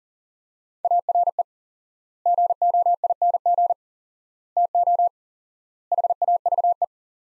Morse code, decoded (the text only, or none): ARE GOING TO HAVE